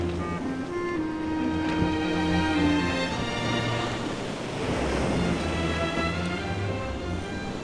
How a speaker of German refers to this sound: Bald war das offene Meer erreicht.